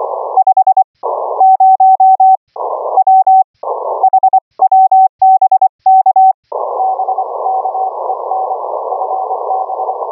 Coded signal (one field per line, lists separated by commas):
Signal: Morse code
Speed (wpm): 25 wpm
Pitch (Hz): 760 Hz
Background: none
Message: 50W HW BK BK EN FB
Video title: HAM RADIO - Remote Rig Audio - Remote Rig Control - live demo of REMOTE SOFTWARE during HF CW QSO